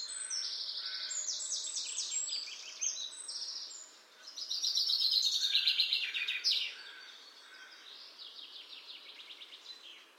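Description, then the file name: Common chaffinch song: several bright trilled phrases falling in pitch and ending in flourishes, over a steady background hiss. "Fringilla coelebs"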